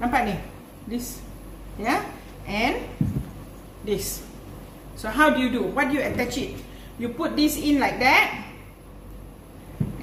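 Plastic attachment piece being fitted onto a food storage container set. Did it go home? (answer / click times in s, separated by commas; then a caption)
no / none. Someone talks while fitting a plastic attachment piece onto a Tupperware food storage container set, putting one side into place and lining it up before the other side is pushed home. Nothing has clicked yet.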